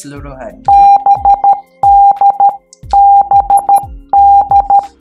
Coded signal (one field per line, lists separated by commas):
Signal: Morse code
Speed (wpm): 13 wpm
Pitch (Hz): 800 Hz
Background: speech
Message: BDBD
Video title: Akademi 9M | EP03: Huruf B dan D